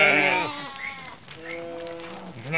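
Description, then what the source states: Sheep bleating: loud harmonic calls at the start and end, with a softer, lower bleat between them. Flock of sheep passing by.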